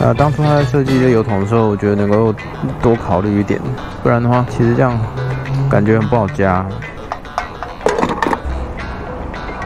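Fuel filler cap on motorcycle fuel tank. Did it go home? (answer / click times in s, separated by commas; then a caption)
yes / 7.1 s, 7.4 s, 7.6 s, 7.9 s, 8.2 s, 8.3 s. Someone talks while the fuel filler cap on the fuel tank of a BMW R18 motorcycle is turned closed after refuelling. As it reaches the end of its turn, a series of short clicks comes at 7.1, 7.4, 7.6, 7.9, 8.2 and 8.3 seconds, showing the cap is locked.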